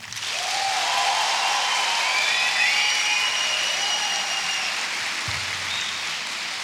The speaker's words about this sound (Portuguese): Um duelo entre a criança e a Judite. Ok. Para o puto, por palmas.